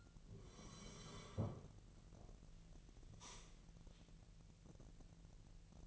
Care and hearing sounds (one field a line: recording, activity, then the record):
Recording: daily activity, microphone in the room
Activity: sit down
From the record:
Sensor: 4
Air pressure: 1002.7 hPa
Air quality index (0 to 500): 250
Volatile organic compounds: 31 ppm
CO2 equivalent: 2972 ppm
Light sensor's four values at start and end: 10/22/9/9 and 10/22/9/9